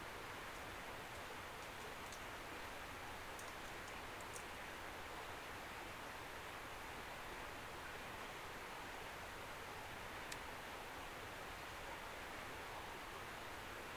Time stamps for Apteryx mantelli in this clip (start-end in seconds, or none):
none